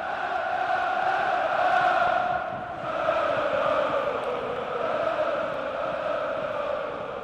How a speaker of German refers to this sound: wo die brodelnde, jubelnde, kreischende Masse, trichterförmig eingepfercht, sich selbst verstärkt. Wo die apostolischen Kniefälle zu Laola-Wellen werden und die identitätsstiftenden Choräle sich im Handumdrehen zu Schlachtgesängen hochjubeln.